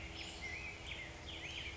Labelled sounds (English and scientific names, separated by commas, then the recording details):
Black-headed Grosbeak (Pheucticus melanocephalus)
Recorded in Sonoma County, California